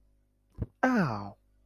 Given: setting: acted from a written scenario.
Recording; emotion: vocal sound without words; pain